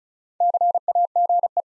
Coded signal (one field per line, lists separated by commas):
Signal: Morse code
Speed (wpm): 36 wpm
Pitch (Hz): 700 Hz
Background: none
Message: CAGE